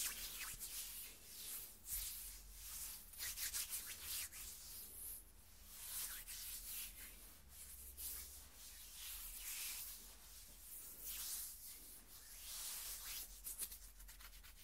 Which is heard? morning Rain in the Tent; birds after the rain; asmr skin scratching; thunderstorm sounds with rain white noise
asmr skin scratching